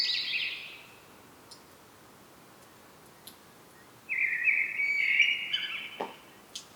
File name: Turdus merula